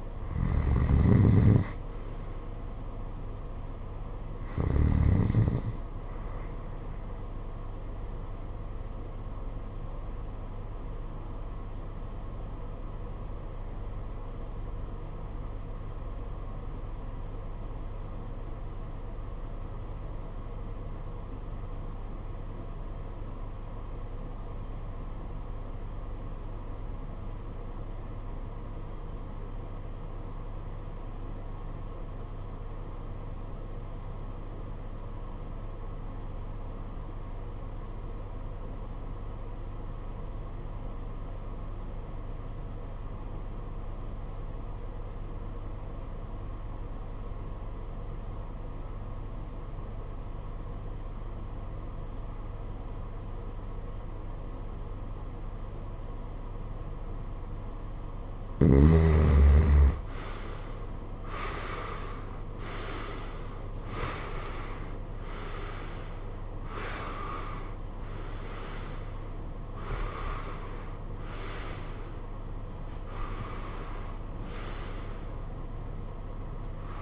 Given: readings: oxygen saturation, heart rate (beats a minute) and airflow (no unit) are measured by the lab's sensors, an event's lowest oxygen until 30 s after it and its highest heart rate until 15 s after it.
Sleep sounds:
breathing in sleep by a smartphone at the bedside; 1
11.00-59.90 s: obstructive apnea (REM, oxygen 95% highest, then 73% lowest, heart rate 55 at the start, 86 highest)
From the record:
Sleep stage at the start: REM sleep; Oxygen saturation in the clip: 73 to 95%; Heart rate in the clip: 50 to 86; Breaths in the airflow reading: 8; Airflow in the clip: -19.1 to 16.1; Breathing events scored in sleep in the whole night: 476 in 9.7 hours asleep

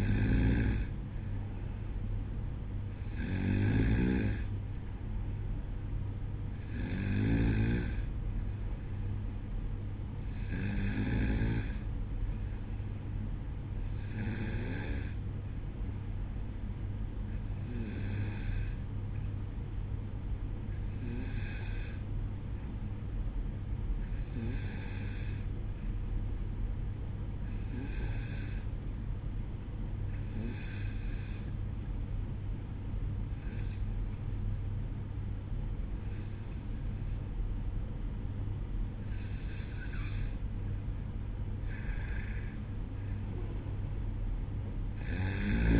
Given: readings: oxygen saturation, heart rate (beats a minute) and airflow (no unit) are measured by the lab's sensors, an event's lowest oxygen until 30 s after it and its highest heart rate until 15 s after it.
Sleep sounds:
breathing in sleep by a smartphone at the bedside; 1
17.00-40.80 s: hypopnea (N2, oxygen 94% highest, then 91% lowest, heart rate 62 at the start, 66 highest)
From the record:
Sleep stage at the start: N2 (light sleep); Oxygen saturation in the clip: 92 to 94%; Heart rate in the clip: 61 to 66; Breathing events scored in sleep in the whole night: 305 in 9.6 hours asleep

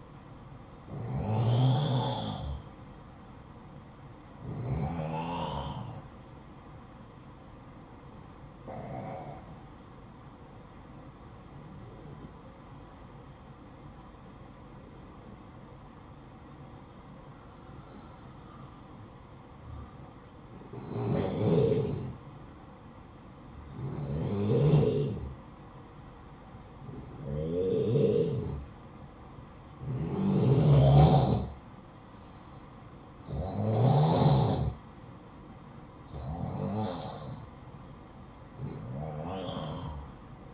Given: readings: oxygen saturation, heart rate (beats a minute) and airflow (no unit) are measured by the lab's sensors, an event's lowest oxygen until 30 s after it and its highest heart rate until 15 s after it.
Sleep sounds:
breathing in sleep by a smartphone at the bedside; 1
8.00-24.50 s: hypopnea (N1, oxygen 95% highest, then 90% lowest, heart rate 59 at the start, 65 highest)
31.00-40.54 s: new sleep stage, N2 (light sleep)
From the record:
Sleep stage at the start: N1 (lightest sleep); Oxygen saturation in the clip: 89 to 95%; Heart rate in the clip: 54 to 65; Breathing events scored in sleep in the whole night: 573 in 9.8 hours asleep

